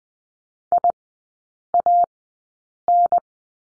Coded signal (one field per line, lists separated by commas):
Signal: Morse code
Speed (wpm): 20 wpm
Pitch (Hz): 700 Hz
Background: none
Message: IAN